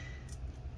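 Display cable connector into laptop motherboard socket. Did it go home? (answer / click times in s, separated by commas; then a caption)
no / none. A display cable connector is lined up and pushed back down onto its motherboard socket inside a Dell XPS 15 9510 laptop. A short, faint high-frequency tick at about 0.3 s stands out over a steady low hum. The connector has not clicked into place yet.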